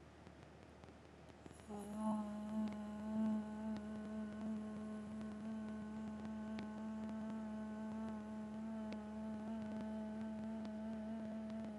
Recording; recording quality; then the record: sustained vowel as in made; excellent, no background noise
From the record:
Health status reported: healthy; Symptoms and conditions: none ticked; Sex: female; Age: 51 years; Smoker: not ticked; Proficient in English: yes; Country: India